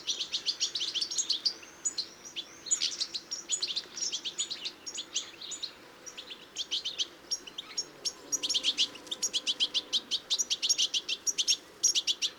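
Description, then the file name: European goldfinch twittering song, rapid tinkling chirps and buzzy notes high-pitched, run together in long bursts with brief pauses throughout. "Carduelis carduelis"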